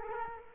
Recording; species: mosquito wingbeat signal from an infrared sensor; Culex quinquefasciatus